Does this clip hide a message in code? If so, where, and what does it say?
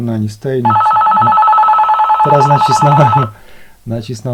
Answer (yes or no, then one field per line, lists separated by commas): no